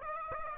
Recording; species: mosquito wingbeat signal from an infrared sensor; Aedes aegypti